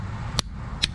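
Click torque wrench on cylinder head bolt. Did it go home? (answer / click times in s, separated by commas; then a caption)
yes / 0.4 s, 0.8 s. A click-type torque wrench is pulled on a cylinder head bolt to the first tightening stage. It gives two sharp clicks at 0.4 s and 0.8 s over a low background rumble. Each click confirms the bolt has reached the 50 ft-lb setting.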